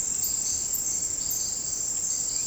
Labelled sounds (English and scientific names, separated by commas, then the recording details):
none
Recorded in dense forest near Puerto Asís, Putumayo, Colombia, on 18 February 2024 at 07:30
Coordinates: 0.486, -76.316
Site G6437